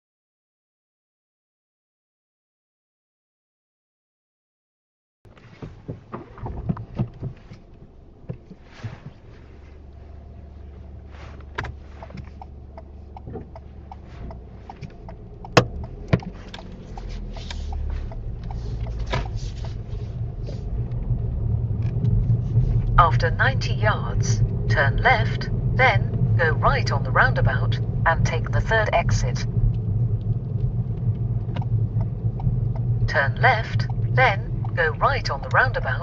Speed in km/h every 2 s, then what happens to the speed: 0, 0, 0, 0, 0, 0, 0, 0, 0, 8, 13, 16, 18, 19, 16, 15, 13, 10.
0-16 standing. 16-25 pulls away to 19. 25-36 slows to 10.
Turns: none.